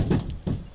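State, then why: Not seated. A hydraulically lowered truck cab is pushed down onto its rear cab lock, giving only light, low knocks around 0.3 and 0.5 seconds. The cab has not locked, and nothing has seated or clicked yet.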